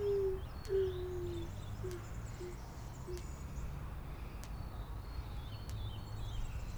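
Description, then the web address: Lar gibbon giving a few short, soft, slightly falling hooting notes in the first three seconds, then only low background noise. Captive, zoo in Debrecen, 2012; recorded with a Marantz recorder and shotgun microphone. "allathangok debrecenizoo 2012. feherkezugibbon"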